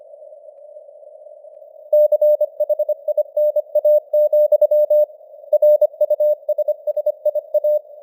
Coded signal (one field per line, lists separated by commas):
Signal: Morse code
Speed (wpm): 25 wpm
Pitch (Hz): 600 Hz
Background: none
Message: CHINA, RUSSIA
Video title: Morse Code News | 2026-01-10 | 25wpm